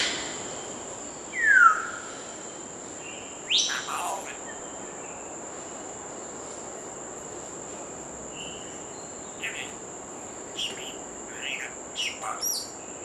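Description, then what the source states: Grey parrot calls: a clear descending whistle, then a few harsh calls and scattered short chirps separated by long quiet gaps, with a steady high tone throughout. Wild, free-living grey parrots from sub-Saharan Africa such as the Congo; typical rainforest dwellers.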